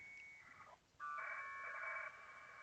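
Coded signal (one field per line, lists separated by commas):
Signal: packet radio (AX.25, as in APRS)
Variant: 1200 baud AFSK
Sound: short harsh warbling data burst of two alternating tones, about one and a half seconds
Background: radio static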